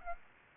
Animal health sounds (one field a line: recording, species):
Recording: mosquito wingbeat signal from an infrared sensor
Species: Aedes aegypti